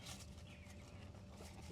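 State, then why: Not seated. Fuel hoses are handled and lined up with the fitting on the fuel filter housing of a Sinister Diesel upper fuel filter conversion kit on a 2015 Ford F350 6.7 Powerstroke, ahead of pinching the clip and pushing the quick-connect coupling home. Over 1.8 seconds there is only a steady low rumble with faint soft handling noise and no sharp transients. Nothing has been connected or clicked yet.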